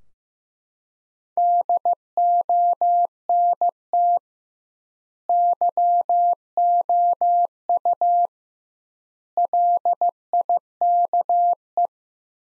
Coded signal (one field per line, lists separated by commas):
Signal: Morse code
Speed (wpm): 15 wpm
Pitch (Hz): 700 Hz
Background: none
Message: DONT YOU LIKE